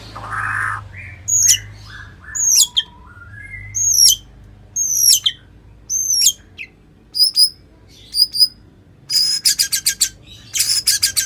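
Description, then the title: White-rumped shama: songbird singing sharp, high whistled notes at roughly one-second intervals, preceded by soft lower whistles and ending with rapid buzzy bursts, over low hum. "murai batu"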